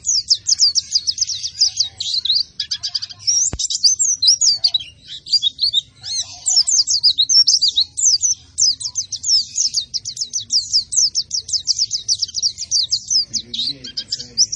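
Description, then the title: White-eye in sustained, energetic song, a dense stream of high, rapid twittering notes, with a single sharp click early on. Described as a vigorous singer without doping, fed only banana. "Pleci Gacor Tanpa Doping Hanya Pake Pisang"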